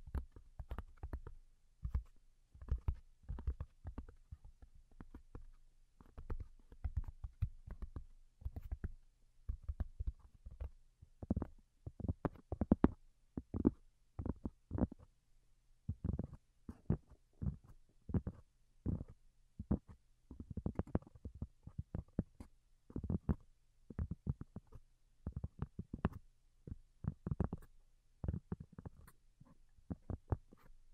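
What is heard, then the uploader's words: Soft, delicate tapping comes in quick clusters of light taps, a few per second, separated by brief pauses. The taps are mostly muted and low, with some brighter clicks. A faint steady low hum runs underneath throughout. Most Delicate and Calming Tapping. (No Talking).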